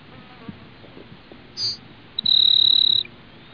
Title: LuckyPassaro Completos2Sama. Grassland Sparrow (Ammodramus humeralis)